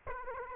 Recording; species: mosquito wingbeat signal from an infrared sensor; Aedes aegypti